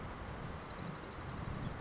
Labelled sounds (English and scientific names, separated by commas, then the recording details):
Blue-gray Gnatcatcher (Polioptila caerulea)
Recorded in Sonoma County, California